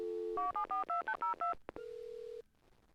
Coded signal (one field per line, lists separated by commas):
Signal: DTMF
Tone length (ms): 130 ms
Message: 74202